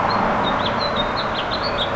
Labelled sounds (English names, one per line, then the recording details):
House Finch song
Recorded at Glen Cove on Long Island, New York, on 14 June 2013
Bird F